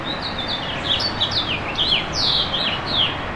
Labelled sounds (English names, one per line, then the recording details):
House Finch song
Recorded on Long Island, New York, on 25 May 2011
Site KG
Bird A